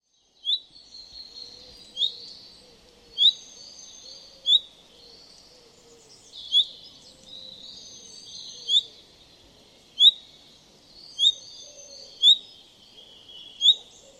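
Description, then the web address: Common chaffinch calling, about ten clipped bright notes at uneven intervals, with faint twittering behind. "Deverinetal"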